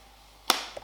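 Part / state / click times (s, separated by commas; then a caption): lens hood onto lens front bayonet / seated / 0.5 s. A plastic lens hood is twisted onto the front bayonet of a comparison lens until its latch engages with a single sharp click at 0.5 s, followed by a brief ring and a faint tick near 0.8 s. The hood is seated and locked in place, so it will not come off now.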